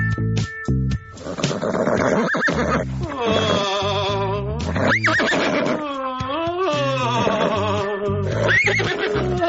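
A horse whinnies loudly several times in a row, each neigh a shrill, wavering call that climbs and falls in pitch, filling the whole stretch with barely a pause.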